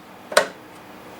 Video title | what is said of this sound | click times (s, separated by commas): New beginner embroidery machine. Easy to use Smartstich. | to hoop things it is simple as heck you push in till it clicks | 0.4 s